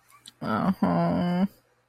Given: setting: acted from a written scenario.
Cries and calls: vocal sound without words; shame

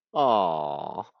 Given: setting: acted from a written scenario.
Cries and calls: vocal sound without words; adoration

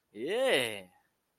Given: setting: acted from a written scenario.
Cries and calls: vocal sound without words; triumph

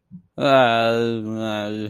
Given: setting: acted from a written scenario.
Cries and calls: vocal sound without words; guilt

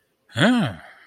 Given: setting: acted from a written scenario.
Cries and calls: vocal sound without words; interest

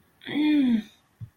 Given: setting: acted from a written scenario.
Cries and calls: vocal sound without words; distress

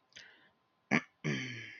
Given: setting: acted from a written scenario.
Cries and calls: vocal sound without words; neutral

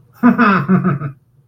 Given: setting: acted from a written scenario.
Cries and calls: vocal sound without words; amusement

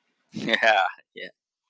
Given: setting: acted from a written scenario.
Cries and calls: vocal sound without words; pride

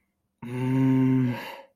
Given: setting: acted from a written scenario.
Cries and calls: vocal sound without words; contempt

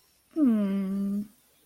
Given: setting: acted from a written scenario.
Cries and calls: vocal sound without words; adoration

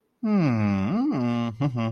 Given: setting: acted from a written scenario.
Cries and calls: vocal sound without words; interest

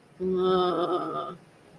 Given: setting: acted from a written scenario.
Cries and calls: vocal sound without words; neutral

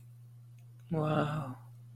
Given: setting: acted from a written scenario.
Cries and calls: vocal sound without words; romantic love

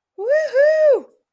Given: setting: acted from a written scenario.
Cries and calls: vocal sound without words; elation

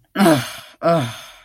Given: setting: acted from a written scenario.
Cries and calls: vocal sound without words; contempt

